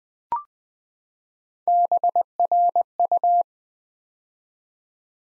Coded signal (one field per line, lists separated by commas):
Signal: Morse code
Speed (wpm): 20 wpm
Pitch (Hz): 700 Hz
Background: none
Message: BRU